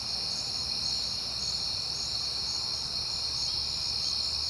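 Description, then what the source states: High, even cricket trilling continues throughout, with a faint low hum rising near the end. At night in September on a peaceful night.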